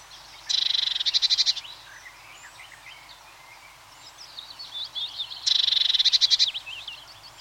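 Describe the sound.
Eurasian blue tit awareness calls: two harsh, rattling churrs about five seconds apart, with other bird twittering in the background.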